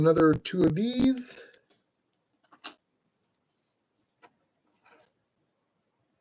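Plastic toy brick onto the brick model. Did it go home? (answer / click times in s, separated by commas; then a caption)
yes / 2.7 s. Someone talks briefly, then a plastic toy brick is pressed onto the brick model. It seats with one sharp click at 2.7 seconds, followed by a few faint ticks.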